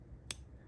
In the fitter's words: it in there until you hear it Go click